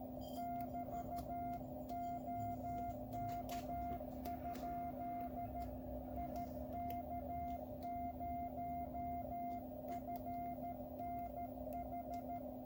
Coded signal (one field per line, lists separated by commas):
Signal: Morse code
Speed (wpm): 13 wpm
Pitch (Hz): 700 Hz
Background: none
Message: <BT> OK? IK0FNH